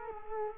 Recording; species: mosquito wingbeat signal from an infrared sensor; Culex quinquefasciatus